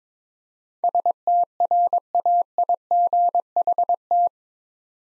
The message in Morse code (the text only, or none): STRAIGHT